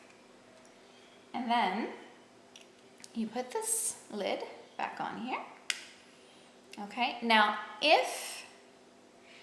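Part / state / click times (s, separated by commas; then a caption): plastic end cap onto a blood glucose lancing device / seated / 5.7 s. Someone talks while putting the plastic end cap back onto a blood glucose lancing device, after a new lancet has been inserted and its protective cap twisted off. A single sharp, loud snap at 5.7 s marks the cap seating on the device.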